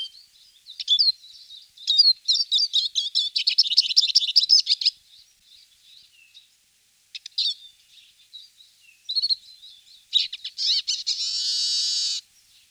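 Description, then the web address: Eurasian siskin song, a rapid high twittering chatter in bursts, ending in a drawn-out wheezy buzz lasting about a second. "VOLIERE Les oiseaux de nos jardins. Tarin des aulnes - Siskin"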